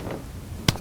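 A vacuum stopper pump on the cap of a plastic bottle of liquid scent is pumped to draw the air out, giving one sharp click at 0.7 s when full vacuum is reached. Fainter ticks follow at about 0.8 and 0.9 s. The stopper's click stops further pumping, so the bottle cannot be over-pumped.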